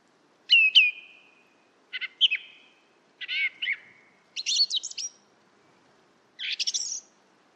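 Song thrush song: five short, varied phrases of sharp whistles and chirpy notes, some doubled, over a quiet background.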